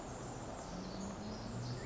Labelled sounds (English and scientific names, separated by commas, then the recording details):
Pacific Wren (Troglodytes pacificus)
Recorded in Sonoma County, California